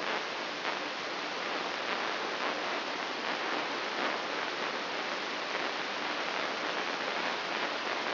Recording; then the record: brain microelectrode recording played as sound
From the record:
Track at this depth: outside the subthalamic nucleus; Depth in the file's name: 7.66 mm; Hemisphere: left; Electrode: 3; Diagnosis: Parkinson's disease